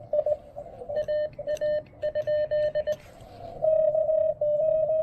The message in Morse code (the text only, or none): AA?